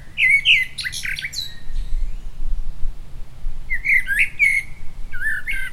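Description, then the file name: Common blackbird song: a warbled fluted phrase with a squeaky high ending, a pause, then another mellow phrase and twitter, against a faint low rumble. "Turdus merula"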